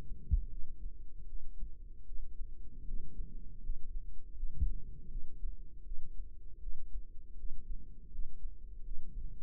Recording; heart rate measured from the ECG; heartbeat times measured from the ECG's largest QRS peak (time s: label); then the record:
heart sounds by microphone in the right ear; 79 bpm
0.48 s: heartbeat
1.25 s: heartbeat
2.04 s: heartbeat
2.84 s: heartbeat
3.60 s: heartbeat
4.34 s: heartbeat
5.07 s: heartbeat
5.82 s: heartbeat
6.58 s: heartbeat
7.35 s: heartbeat
8.09 s: heartbeat
8.82 s: heartbeat
From the record:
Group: healthy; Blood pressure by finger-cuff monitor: 114/68 mmHg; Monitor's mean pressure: 84 mmHg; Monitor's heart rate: 80 bpm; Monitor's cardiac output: 7.9 L/min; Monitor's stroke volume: 100 mL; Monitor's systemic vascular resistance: 760 dyn s/cm5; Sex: male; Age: 33 years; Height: 179 cm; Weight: 80.4 kg